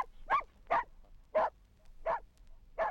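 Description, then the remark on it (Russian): Altai, a reindeer-herding laika, barks five times in a steady rhythm, each bark sharp, loud and mid-pitched, with short quiet pauses between them and no one talking. “И, наконец, Алтай, оленегонная лайка. Этот пес сплошной темперамент.”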